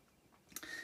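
A plastic brick roof or building section is pressed onto the model base, with faint taps before a sharp click at 0.6 s, followed by a brief rustling, scraping sound. The section sits better than the previous building but is still not fully seated or firmly pushed home, and pushing harder makes the brown bits or part of the roof come off.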